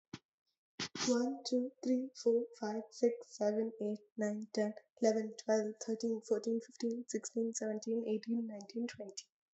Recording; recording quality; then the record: counting at a fast pace; excellent, no background noise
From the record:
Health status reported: healthy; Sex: female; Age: 22 years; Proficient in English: yes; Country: India